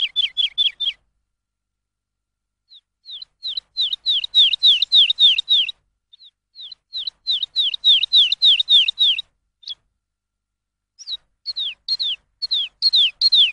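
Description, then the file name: Lark song: quick series of down-slurred whistles in bursts, separated by brief pauses. Lark song used for training songbirds. "suara masteran lark"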